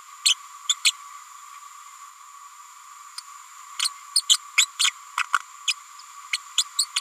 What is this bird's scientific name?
Forpus passerinus